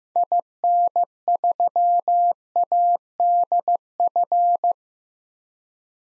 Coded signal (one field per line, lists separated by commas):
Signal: Morse code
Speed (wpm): 15 wpm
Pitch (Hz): 700 Hz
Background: none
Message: IN3ADF